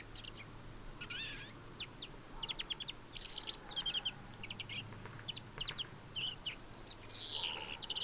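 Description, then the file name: European greenfinch twittering, a buzzy rasping burst at the start followed by quick chirp series and short trills, with low continuous hum beneath. "Chloris chloris"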